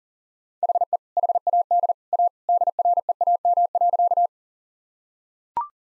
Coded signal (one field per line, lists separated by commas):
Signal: Morse code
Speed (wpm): 40 wpm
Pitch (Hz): 700 Hz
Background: none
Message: HE HAD A DREAM.